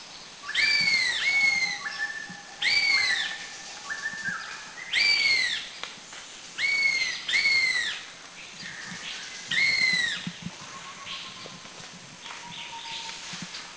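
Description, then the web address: Black-and-yellow broadbill giving arched, whistled notes in short bursts every couple of seconds, over faint forest background. Recorded at Krung Ching, Thailand. "Thailand Krung Ching 09 Black-and-Yellow Broadbill"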